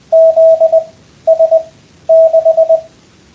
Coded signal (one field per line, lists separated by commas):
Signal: Morse code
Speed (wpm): 20 wpm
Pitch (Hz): 660 Hz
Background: radio noise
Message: ZS6